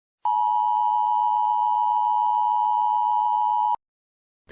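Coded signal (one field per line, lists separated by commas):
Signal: Emergency Alert System (SAME) tones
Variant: 853 and 960 Hz attention tone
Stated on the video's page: Fictional EAS scenario of a North Korean nuclear attack on Pennsylvania; simulated nuclear warning.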